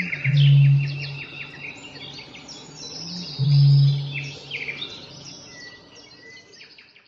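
Eurasian bittern: two deep, muffled booms roughly three seconds apart, with scratchy songbird phrases and soft background noise.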